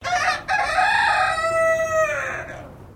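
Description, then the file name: Silkie chicken rooster crowing, a single drawn-out cock-a-doodle-doo with a brief break early on, falling away at the end. Silkie chicken rooster crowing, recorded at a distance. "BIRD CHICKEN SILKIE CROW DISTANT"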